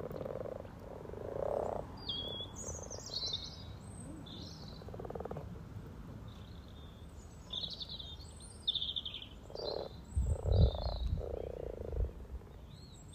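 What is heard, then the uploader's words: A chorus of frogs calls from a sunny pond, with hoarse, mid-pitched croaks coming in bursts that overlap and crowd together near the end. Bright, quick chirps flicker high above throughout, and a close, deep thud sounds around ten seconds. Frog chorus captured on 17th March 2023, Freshfield Formby Merseyside, UK. We have 2 ponds in the garden. The sunny pond has a chorus of 20 frogs some floating, some sitting on the piles of frog spawn that have only recently been laid. This recording captures the frogs welcoming the arrival of the female frogs.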